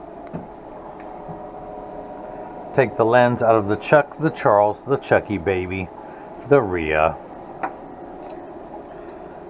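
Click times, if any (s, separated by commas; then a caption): none. A freshly cut plastic Zeiss prescription photochromic blue lens with Duravision Platinum anti-glare is tucked into the outside corner of the rim of an Oakley 8166 eyeglass frame and lined up. Someone talks from about 2.8 to 7.1 seconds over a low steady background hum. The lens has not yet snapped in, and no click is heard.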